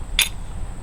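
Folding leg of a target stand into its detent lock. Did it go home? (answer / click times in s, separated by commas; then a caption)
yes / 0.2 s. The back of a folding metal TSI Model 200 target stand is pushed to open it, and its folding leg snaps into its two detents. A single sharp, bright snap rings out at 0.2 s over a faint low hum and fades within about a tenth of a second. The frame locks in place.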